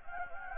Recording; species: mosquito wingbeat signal from an infrared sensor; Anopheles gambiae